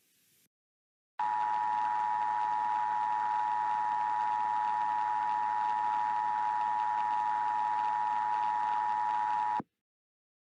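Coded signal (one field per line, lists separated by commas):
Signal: Emergency Alert System (SAME) tones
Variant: 853 and 960 Hz attention tone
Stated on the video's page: Fictional hurricane EAS scenario, simulated alert.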